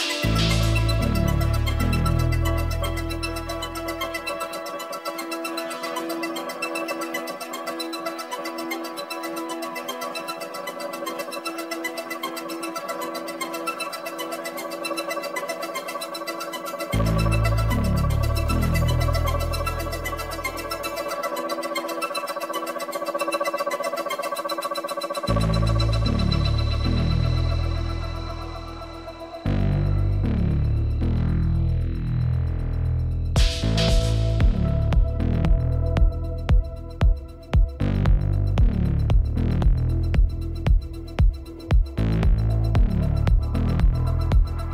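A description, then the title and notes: Day of the Dead in Tucson: a dense, steady wash of tones over low booming stretches, then sharp rapid taps from about 33 seconds on. Day of the Dead, Tucson Arizona.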